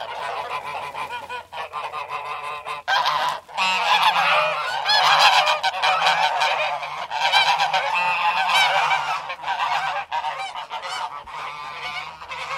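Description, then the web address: Goose: geese honking loudly and continuously, many overlapping nasal honks forming a noisy flock chorus with a low steady hum underneath. Geese in a village. "gusi v derevne"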